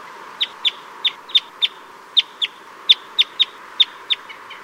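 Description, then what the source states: Red crossbill flight calls: sharp, clipped kip notes given in a quick irregular series, about a dozen in under five seconds, over a faint steady hiss. Type S; flight calls.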